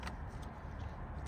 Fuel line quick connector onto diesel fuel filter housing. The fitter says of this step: so push this in as well there we are clicks right in